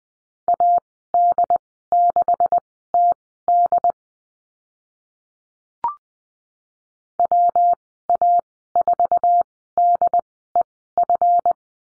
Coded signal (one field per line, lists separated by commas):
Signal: Morse code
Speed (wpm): 20 wpm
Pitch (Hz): 700 Hz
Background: none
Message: AD6TD WA4DEF